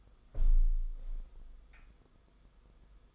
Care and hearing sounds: daily activity, microphone in the room; close window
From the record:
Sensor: 5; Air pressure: 990.5 hPa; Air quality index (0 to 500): 165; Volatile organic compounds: 306 ppm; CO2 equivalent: 4494 ppm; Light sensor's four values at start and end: 17/39/16/18 and 17/39/16/18

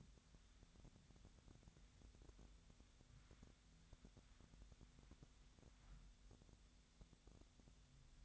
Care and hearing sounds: daily activity, microphone in the room; wipe stove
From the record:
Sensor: 3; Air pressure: 1007.0 hPa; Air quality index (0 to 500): 205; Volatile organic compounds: 18 ppm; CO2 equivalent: 2625 ppm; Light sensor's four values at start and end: 12/28/11/11 and 12/28/12/11

